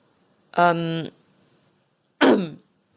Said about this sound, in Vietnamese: Cô lúng túng rồi hắng giọng.